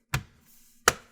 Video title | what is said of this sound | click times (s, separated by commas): HP envy X360 15m Repaste / service STEP By STEP | Push down the corners, make sure you hear some clicks. You need to hear those clicks. | 0.1 s, 0.9 s